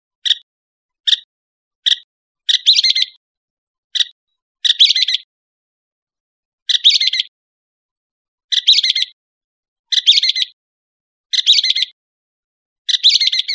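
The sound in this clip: Northern mockingbird calls: short, harsh, bright notes, single or in brief clusters, given at irregular intervals with short pauses, no other sounds.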